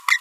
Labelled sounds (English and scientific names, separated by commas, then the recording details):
Green-rumped Parrotlet (Forpus passerinus) babbling
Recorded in a nest box in Venezuela
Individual 18B25A3